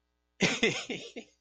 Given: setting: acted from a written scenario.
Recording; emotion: vocal sound without words; amusement